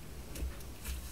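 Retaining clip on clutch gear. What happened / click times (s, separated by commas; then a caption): The metal retaining clip snapped into place / 0.4 s. A metal retaining clip is pushed onto the clutch gear during a scooter engine rebuild and seats with a short click at 0.4 s, followed by faint handling sounds. The clip is confirmed seated.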